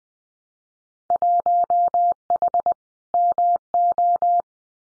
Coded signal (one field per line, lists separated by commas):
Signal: Morse code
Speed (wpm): 20 wpm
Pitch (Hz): 700 Hz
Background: none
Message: 1H MO